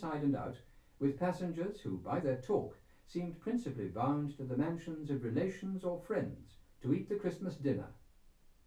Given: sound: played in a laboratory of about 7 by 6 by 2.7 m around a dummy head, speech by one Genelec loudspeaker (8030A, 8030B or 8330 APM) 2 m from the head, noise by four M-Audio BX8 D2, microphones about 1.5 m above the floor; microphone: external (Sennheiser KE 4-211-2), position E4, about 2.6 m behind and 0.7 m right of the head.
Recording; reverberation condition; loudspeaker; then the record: male speech in English; low; 120 degrees to the left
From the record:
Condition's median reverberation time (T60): about 310 ms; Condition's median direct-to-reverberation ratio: about 3.5 dB